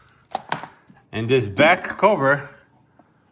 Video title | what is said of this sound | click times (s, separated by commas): ANPABO Ride On Car - Mercedes Benz G63 - How to Assemble | the mirrors, which are also just clicked in place over here. | 0.3 s, 0.5 s